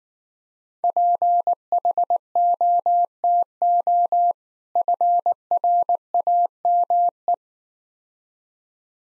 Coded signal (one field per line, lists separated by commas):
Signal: Morse code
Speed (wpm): 19 wpm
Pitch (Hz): 700 Hz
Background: none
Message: PHOTO FRAME